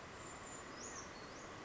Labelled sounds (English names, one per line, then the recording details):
Brown Creeper
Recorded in Sonoma County, California